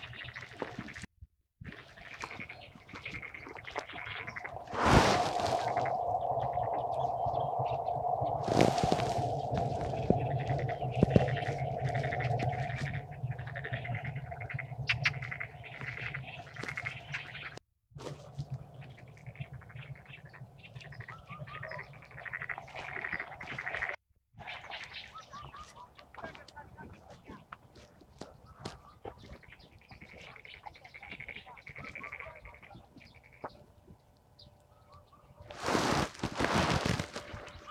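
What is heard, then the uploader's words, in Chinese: Several kinds of birds call in short, repeated bursts over a steady low murmur, with sharp loud clicks near 5, 9 and 36 seconds. 沙河北岸鸟鸣记录。在沙河观鸟三小时，记录下多种鸟类的叫声和自然的声音，当然还有人声。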